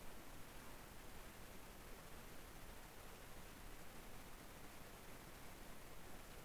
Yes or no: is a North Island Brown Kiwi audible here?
no